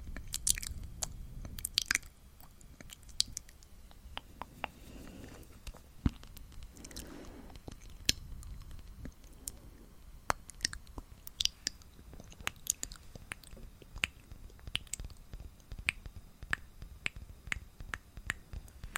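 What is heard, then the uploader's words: Breathy ASMR mouth sounds: dense, irregular wet clicks and pops scattered throughout, some sharp and bright. Soft low breathy swells rise under the clicks around five and eight seconds, and a faint steady hiss sits beneath everything. ASMR mouth sounds breathy mouth sounds.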